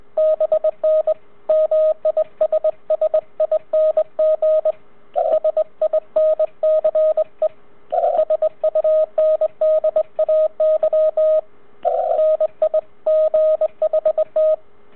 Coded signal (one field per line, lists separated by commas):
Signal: Morse code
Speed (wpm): 22 wpm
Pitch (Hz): 620 Hz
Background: radio noise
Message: BN MISSING SINCE SUNDAY NIGHT